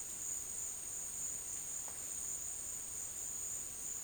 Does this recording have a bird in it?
no